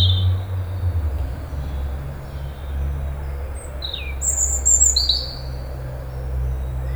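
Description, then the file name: European robin song in scattered high, thin whistles and short sliding notes, some very high-pitched, heard above a constant low engine rumble. "Erithacus rubecula"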